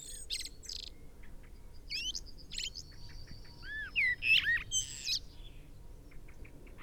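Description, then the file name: Common blackbird giving a short run of loud arched fluty notes with a twittering end, preceded by fainter high chirps. "Turdus merula"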